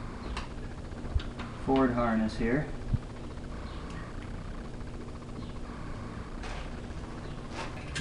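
A speaker wiring adapter plug is pushed into the Ford door speaker harness connector, and the plastic connector snaps into place with a short click at 0.4 s. Another sharp tap follows at 1.2 s, then someone talks over a steady low background hum.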